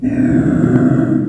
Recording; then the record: squeal of a Yucatan mini pig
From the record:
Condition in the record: after surgery on the right vocal fold (resection and tissue-engineered implant); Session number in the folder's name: 3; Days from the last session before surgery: 21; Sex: female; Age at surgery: 19 weeks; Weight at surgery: 25 kg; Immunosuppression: prednisolone